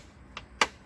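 On a 2012 Honda Civic, with the new air filter set in the air box, the spring clips on the plastic air box lid are snapped back shut. Two sharp snaps are heard at 0.4 s and 0.6 s, the second one louder. The lid is clipped closed and seated.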